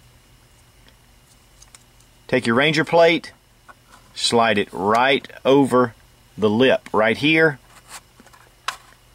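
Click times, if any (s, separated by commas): 8.7 s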